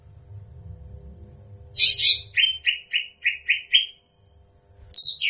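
Bird singing: after a low rumble, a harsh burst leads into six quick chirps, a short silence, then another harsh burst.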